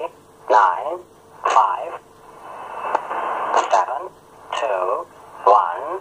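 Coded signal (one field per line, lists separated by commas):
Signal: numbers station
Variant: English Man, English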